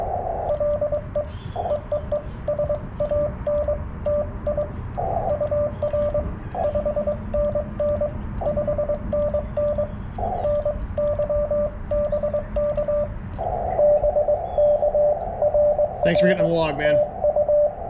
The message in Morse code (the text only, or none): LE EEE SAN TI UR 5NN 5NN NY BK BK RR TU